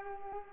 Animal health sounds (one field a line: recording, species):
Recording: mosquito wingbeat signal from an infrared sensor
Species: Culex pipiens